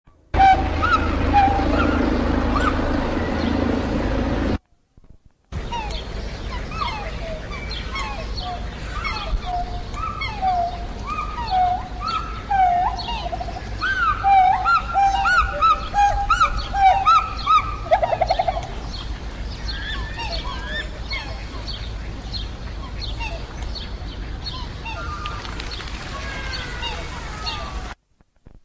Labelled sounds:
Pileated Gibbon
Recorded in captivity
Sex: pair
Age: adult
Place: Zoo Berlin, Berlin, DE
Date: 2007-06-07 15:10
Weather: leicht bedeckt, ca. 30°C
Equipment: Sony WM-D6C, Sennheiser ME 80
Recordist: Tembrock, Günter

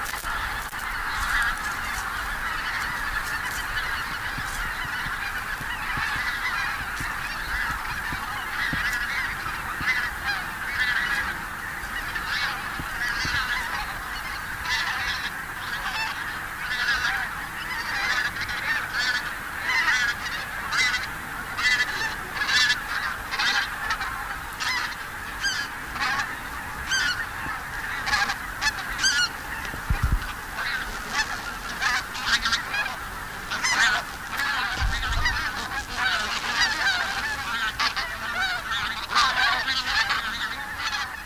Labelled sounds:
Taiga Bean Goose call
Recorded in the wild
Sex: group
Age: adult
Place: Gülper See, Brandenburg, DE
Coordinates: 52.7167, 12.25
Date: 2000-10-22 15:52
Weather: fair, ca. 15°C
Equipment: Nagra SN, Kopie Uher 4000 Report Monitor
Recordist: Tembrock, Günter

